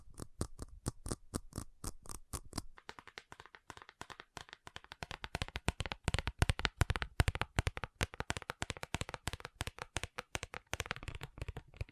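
Fast ASMR tapping made of sharp, crisp clicks. For the first few seconds the taps come in an even, steady rhythm, then they speed up into a dense, uneven flurry of quick taps that continues to the end, varying slightly in loudness.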